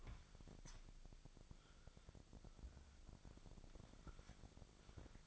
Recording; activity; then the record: daily activity, microphone in the room; wipe stove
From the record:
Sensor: 5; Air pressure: 1001.7 hPa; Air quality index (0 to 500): 175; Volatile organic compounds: 10 ppm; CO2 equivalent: 2248 ppm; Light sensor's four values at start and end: 22/78/29/30 and 22/77/29/30